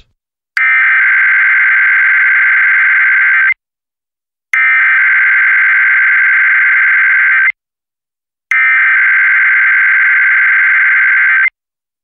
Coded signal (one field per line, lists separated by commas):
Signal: Emergency Alert System (SAME) tones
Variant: header bursts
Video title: EAS #768-769: 2 EAS Required Monthly Tests- May 9, 2023- 2:00PM PDT